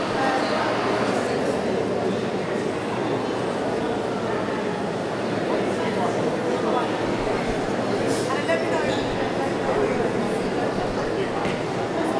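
A busy shopping mall hums with dense, overlapping crowd chatter and footsteps, a steady indoor wash with occasional brief clinks and louder voices.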